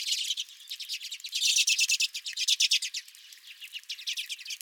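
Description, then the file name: Redpoll flock calls, loud fast chattering chips packed into rattling runs, easing off toward the end. Several redpolls at the recordist's own feeder. "Redpolls at My Feeder"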